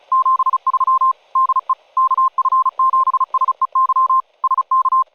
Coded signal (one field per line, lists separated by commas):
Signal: Morse code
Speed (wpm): 36 wpm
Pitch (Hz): 1050 Hz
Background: none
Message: 73 DE KF7SEY SK